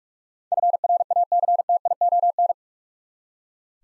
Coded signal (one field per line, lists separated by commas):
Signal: Morse code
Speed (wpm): 43 wpm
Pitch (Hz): 700 Hz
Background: none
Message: FRACTION